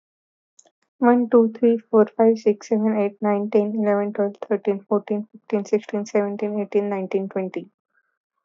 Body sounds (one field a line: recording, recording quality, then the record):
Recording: counting at a fast pace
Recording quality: excellent, no background noise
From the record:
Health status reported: healthy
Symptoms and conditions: none ticked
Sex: female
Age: 28 years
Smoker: not ticked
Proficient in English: yes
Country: India